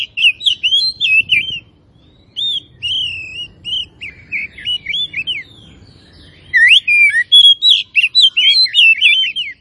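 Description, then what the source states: Oriental magpie-robin singing rich, varied whistled phrases with slurred, warbling notes, broken by short pauses, then a busier burst of bright whistles. Kacer of the Tretes type, described as gacor (singing vigorously).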